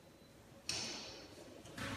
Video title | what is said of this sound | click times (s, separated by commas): IMG 1902 | But that just snaps in place. | 0.7 s